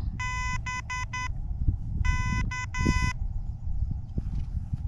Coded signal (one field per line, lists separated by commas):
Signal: Morse code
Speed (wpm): 10 wpm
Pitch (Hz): 2000 Hz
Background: none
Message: BK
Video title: First Morse Code Summit Activation, *Mostly*!